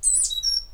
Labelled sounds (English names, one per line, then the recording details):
Stitchbird song
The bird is a male
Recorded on Tiritiri Matangi Island, New Zealand, in 2005
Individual 8, of nest box 10